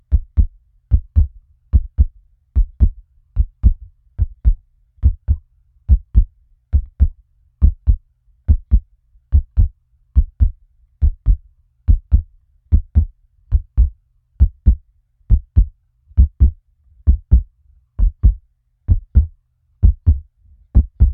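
A heartbeat sound effect: steady low-pitched lub-dub pairs at about 70 beats per minute that slow gradually over the clip, in a medium variant.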